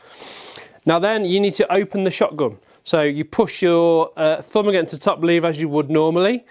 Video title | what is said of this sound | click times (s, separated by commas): Newsnight 29th Oct, RSPB shock, Farmers pledge, What even is Net Zero? Beretta release BRX-1 rifle | quite stiff you'll hear a click | 0.6 s